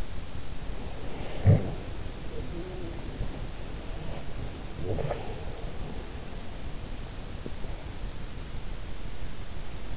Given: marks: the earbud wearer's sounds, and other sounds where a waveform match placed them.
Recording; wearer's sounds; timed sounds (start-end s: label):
sounds in sleep by an in-ear microphone; body movement
0.00-8.01 s: body movement
1.37-1.84 s: sound from someone else or the room
4.74-5.40 s: sound from someone else or the room